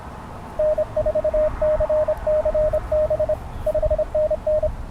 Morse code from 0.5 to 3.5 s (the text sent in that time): N4CCB